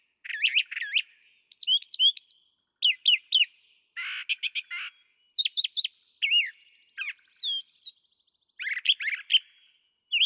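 Brown thrasher song, a quick string of varied chirpy and slurred phrases, many given twice in a row, separated by short pauses, with no other sounds.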